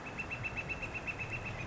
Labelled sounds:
Northern Flicker (Colaptes auratus)
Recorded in Sonoma County, California

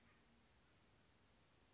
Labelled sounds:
Western Flycatcher (Empidonax difficilis)
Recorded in Sonoma County, California

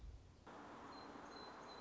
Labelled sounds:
Song Sparrow (Melospiza melodia)
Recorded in Sonoma County, California

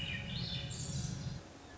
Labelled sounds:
Swainson's Thrush (Catharus ustulatus)
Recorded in Sonoma County, California

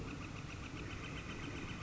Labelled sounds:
Northern Flicker (Colaptes auratus)
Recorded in Sonoma County, California

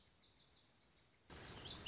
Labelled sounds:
Lazuli Bunting (Passerina amoena)
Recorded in Sonoma County, California

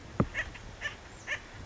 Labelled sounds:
Acorn Woodpecker (Melanerpes formicivorus)
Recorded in Sonoma County, California

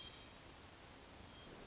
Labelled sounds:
Hermit Thrush (Catharus guttatus)
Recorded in Sonoma County, California

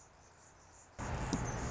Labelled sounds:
Anna's Hummingbird (Calypte anna)
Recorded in Sonoma County, California

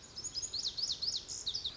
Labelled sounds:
Lazuli Bunting (Passerina amoena)
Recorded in Sonoma County, California

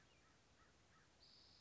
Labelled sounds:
American Crow (Corvus brachyrhynchos)
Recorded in Sonoma County, California

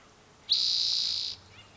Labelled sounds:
Spotted Towhee (Pipilo maculatus)
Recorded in Sonoma County, California

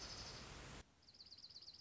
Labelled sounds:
Dark-eyed Junco (Junco hyemalis)
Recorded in Sonoma County, California

